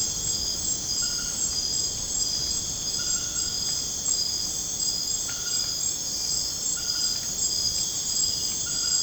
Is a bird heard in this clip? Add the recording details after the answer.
no. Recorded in dense forest near Puerto Asís, Putumayo, Colombia, on 30 June 2025 at 20:30. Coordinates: 0.486, -76.317. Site G065